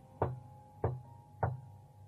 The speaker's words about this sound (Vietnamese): Đang lâng lâng trong cái làn khói thuốc lào thì lão Lục bỗng chợt giật mình vì ba tiếng gõ khô khốc dội vào.